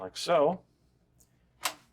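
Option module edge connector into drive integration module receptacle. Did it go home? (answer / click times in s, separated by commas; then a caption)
yes / 1.7 s. A plastic option module's male edge connector is pushed into the female receptacle on the drive's integration module. Someone talks briefly, and then a sharp click at 1.6 seconds shows the connector has seated.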